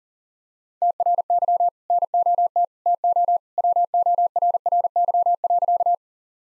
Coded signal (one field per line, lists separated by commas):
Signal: Morse code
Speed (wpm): 40 wpm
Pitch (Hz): 700 Hz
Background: none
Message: TRY NOT TO WORRY.